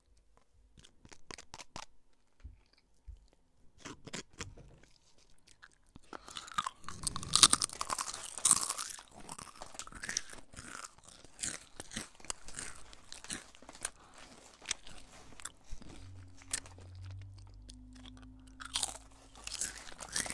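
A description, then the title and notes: Crisps and chocolate being handled and eaten, with dense crunching and crackling bites that build around seven seconds and continue in irregular bursts. Sharp snaps and rustles come throughout, and from about sixteen seconds a low steady hum runs underneath. Crisps, chocolate, Bruch pop-it.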